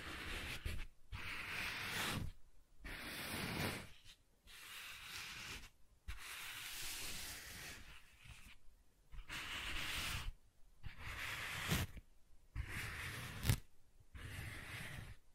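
Soft tracing strokes rub across a surface in a steady series of separate passes, each a hushed, airy scrape lasting one to two seconds. Brief silences fall between strokes about every second or so, and a few passes sound grainier, with a faint click near thirteen seconds.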